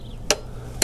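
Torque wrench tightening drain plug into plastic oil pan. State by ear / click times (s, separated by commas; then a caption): torque reached / 0.3 s. A torque wrench tightens a new oil pan drain plug into the plastic oil pan of a BMW F10, a fix for engine oil leaking from the drain plug. The wrench gives a sharp click at 0.3 s as it reaches its setting, and tightening stops right at the click; a second sharp hit follows at 0.8 s.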